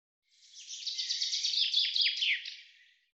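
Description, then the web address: Common chaffinch singing one bright phrase of repeated downward-sliding notes, heard cleanly against a quiet background. "Deverinetal 2025 File cleaned normalized Bird Fr Co"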